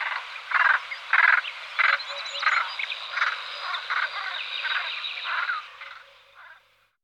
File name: Havran polni Corvus frugilegus